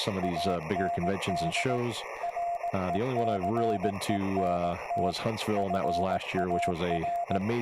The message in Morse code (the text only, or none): AND RECENT FAR